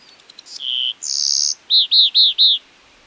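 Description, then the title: Black-crested warbler song: thin high ticks, a buzzy trill, a higher buzzier note, then four quick repeated arched notes. "Myiothlypis Nigrocristata"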